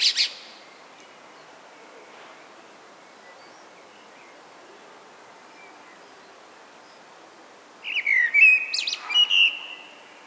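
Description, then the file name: Common blackbird song: a brief fragment at the start, long near-silence, then a full phrase of warbled whistles ending in high twitters. "Turdus merula"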